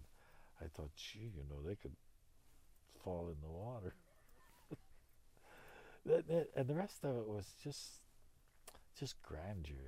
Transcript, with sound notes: And I thought, "Gee, you know, they could fall in the water." (he laughs) The, and the rest of it was just grandeur.